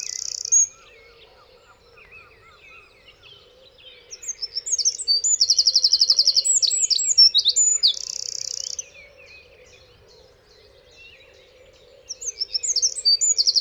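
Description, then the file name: Eurasian wren singing a shrill phrase of rapid trills and chattering notes in the middle, with a brief snippet at each end and a steady background hum. "Troglodytes troglodytes"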